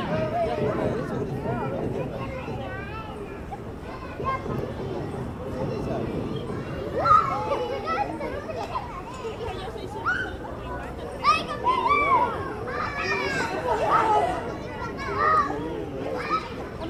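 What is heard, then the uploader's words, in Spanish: Children chatter and laugh outdoors on a street, voices overlapping in a steady babble with brighter high-pitched bursts around seconds seven, eleven and fourteen. Efecto de sonido- Niños riendo en la calle.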